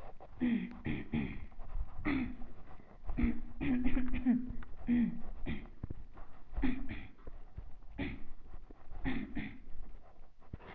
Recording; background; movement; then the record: throat clearing; quiet; walking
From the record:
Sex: female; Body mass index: 22.6 kg/m2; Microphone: on the chest, facing the body